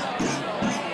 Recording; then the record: coughing mixed with background sound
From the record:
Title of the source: Spring Cold Coughing 3